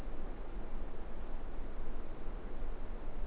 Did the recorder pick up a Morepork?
no